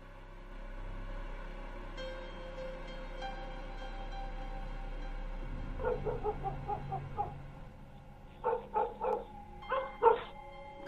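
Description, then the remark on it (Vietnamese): Dogs bark at night in short, rapid bursts of yips against a low steady hum, the barks coming in two or three quick clusters, the last ones louder and sharper, with no voices. “Có tiếng chó cắn ma nhấm nhẳng vang lên trong đêm.”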